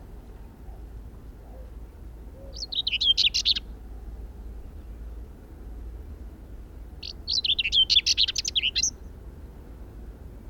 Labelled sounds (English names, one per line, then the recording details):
Common Whitethroat song
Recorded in the wild
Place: Neu-Holland, Brandenburg, DE
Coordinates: 52.872, 13.339
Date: 1971-05-04
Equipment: Nagra III BH, Sennheiser MD 21, parabola
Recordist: Schubert, Michael
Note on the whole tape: Gesang Dorngrasmücke, Motivgesang, ohne Nachhall